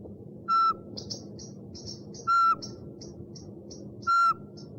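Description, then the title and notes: Owl whistling three short, steady-pitched notes nearly two seconds apart, with quick high chirps between them over low rumble. One of 69 call variants from 11 owl species. "Sovy - Eulen - Owls. 69 variant hlasů - 11 druhů sov"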